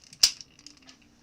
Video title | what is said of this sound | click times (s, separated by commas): Car Robots Megatron (Robots in Disguise) Live Stream: How many of these modes are legit? | and it just goes right around this hinge and makes a very satisfying clicky noise when it when it locks in | 0.2 s